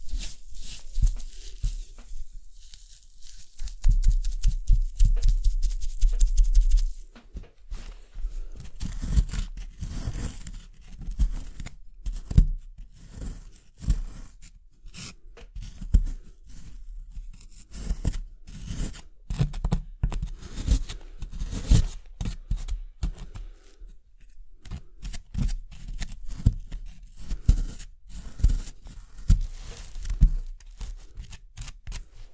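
Scraping and brushing with an excavation kit, like an archaeological dig: dense, irregular strokes and scratches that fill the whole clip. The first seven seconds carry a heavier, low rumbling scrape, then quicker tearing, gritty brushes follow with short pauses between bursts.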